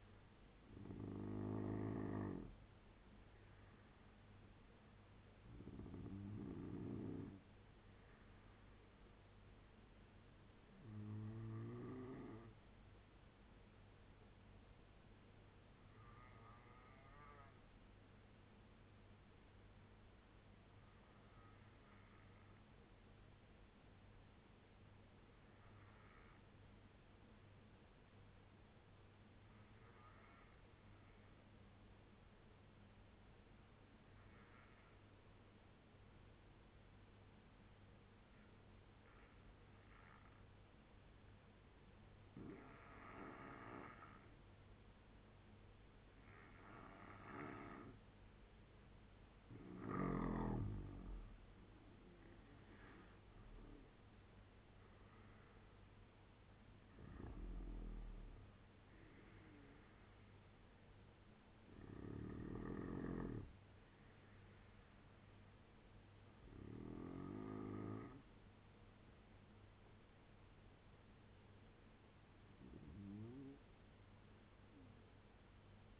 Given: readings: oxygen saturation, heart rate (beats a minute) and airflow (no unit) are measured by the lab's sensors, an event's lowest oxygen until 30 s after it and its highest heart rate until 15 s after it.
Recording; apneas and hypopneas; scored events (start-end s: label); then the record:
breathing in sleep by a voice recorder at the bedside; 1
10.00-40.00 s: new sleep stage, N3 (deep sleep)
24.00-46.30 s: obstructive apnea (N3, oxygen 94% highest, then 83% lowest, heart rate 71 at the start, 85 highest)
40.00-76.00 s: new sleep stage, N2 (light sleep)
From the record:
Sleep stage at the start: N2 (light sleep); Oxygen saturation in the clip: 83 to 94%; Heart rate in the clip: 67 to 85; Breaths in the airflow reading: 11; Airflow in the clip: -8.3 to 8.6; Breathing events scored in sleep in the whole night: 201 in 6.5 hours asleep